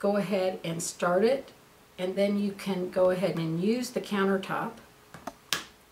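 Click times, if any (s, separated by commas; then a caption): 5.5 s. A final cap is pressed onto a plastic topical gel dispenser against the countertop while someone talks. Two small taps come at 5.1 and 5.3 seconds, then a sharp click at 5.5 seconds as the cap seats.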